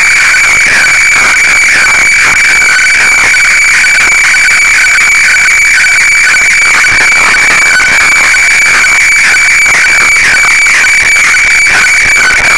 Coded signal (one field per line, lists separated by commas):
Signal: weather fax (radiofax)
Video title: IC-PCR1500 KG-FAX Japan Ｗeather FAX 7.7931MHz